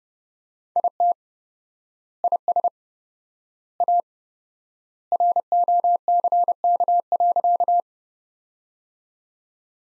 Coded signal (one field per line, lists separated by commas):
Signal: Morse code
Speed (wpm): 30 wpm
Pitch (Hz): 700 Hz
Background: none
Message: IT IS A ROCK.